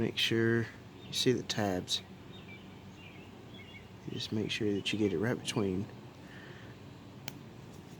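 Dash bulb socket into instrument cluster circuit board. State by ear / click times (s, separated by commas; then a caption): seated / 7.3 s. On an 87–90 Chevrolet Celebrity, a twist-lock dash bulb socket is lined up between the tabs and pushed into the instrument cluster's flexible printed circuit board while someone talks. The socket clicks into place with a short, sharp click at 7.3 s, fully seated.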